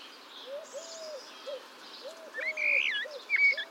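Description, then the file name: Common blackbird giving a short whistled, warbling phrase in the second half, with a series of low hooting notes throughout. "Turdus merula"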